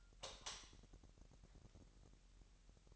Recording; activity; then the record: daily activity, microphone in the room; light off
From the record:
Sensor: 3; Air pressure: 1001.9 hPa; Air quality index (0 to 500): 245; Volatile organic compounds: 47 ppm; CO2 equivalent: 3254 ppm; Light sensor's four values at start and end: 11/28/12/12 and 6/13/5/5